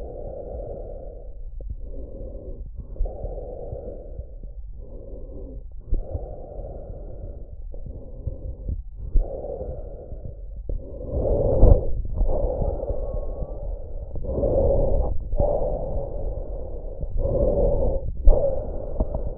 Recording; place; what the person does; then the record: lung sounds by stethoscope; trachea; quiet breathing, then deep breathing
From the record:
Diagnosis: COPD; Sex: male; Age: 85 years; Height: 183 cm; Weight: 88 kg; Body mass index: 26.3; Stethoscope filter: extended mode